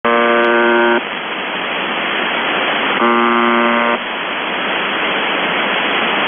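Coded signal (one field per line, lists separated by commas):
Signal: numbers station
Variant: UVB-76 (The Buzzer)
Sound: two harsh one-second buzzes about three seconds apart, hiss in between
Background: radio static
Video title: The Buzzer/UVB-76(4625Khz) December 8, 2021 12:26UTC Voice message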